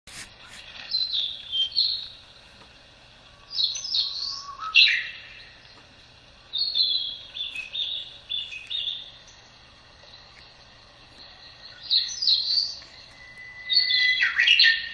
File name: センダイムスクイの囀り